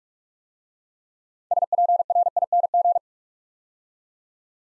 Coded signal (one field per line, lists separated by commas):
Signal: Morse code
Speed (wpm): 44 wpm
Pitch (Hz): 700 Hz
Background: none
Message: SPRING